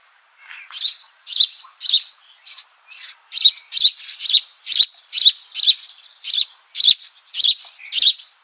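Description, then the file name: House sparrow calling with a long series of harsh chirps, about two each second. "Passer domesticus"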